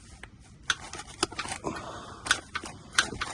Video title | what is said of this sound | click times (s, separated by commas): How to a Change Oil & Filters in Honda Odyssey 2005 to 2010 (3rd Generation) | You're going to go ahead and take it and just begin to spin it until it clicks. | 3.0 s